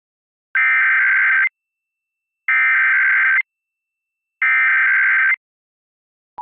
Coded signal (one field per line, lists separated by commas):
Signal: Emergency Alert System (SAME) tones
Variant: header bursts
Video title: EAS RMT In Washington DC (1-18-23 WETA-DT5)